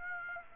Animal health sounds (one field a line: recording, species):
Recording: mosquito wingbeat signal from an infrared sensor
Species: Aedes aegypti